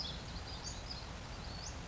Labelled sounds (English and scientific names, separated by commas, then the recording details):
Western Flycatcher (Empidonax difficilis)
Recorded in Sonoma County, California